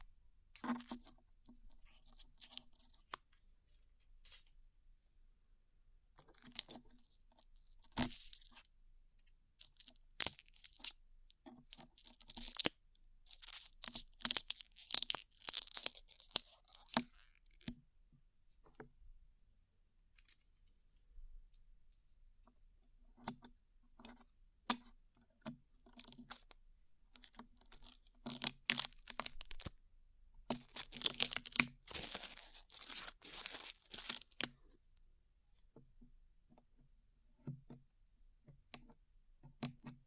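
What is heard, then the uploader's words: Glue is peeled off in sticky, crackling bursts, sharp and bright, arriving in clusters with short pauses between them. The busiest stretches come early, around the middle, and again past the half-minute mark, with a quieter gap just before twenty seconds. ASMR Peeling Glue Off Your Ears (No Talking).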